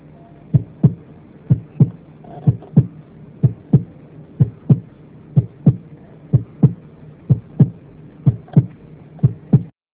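Regular paired heart sounds near 62 per minute from an adult heart, with faint filling between the beats, heard by stethoscope: a mitral regurgitation murmur.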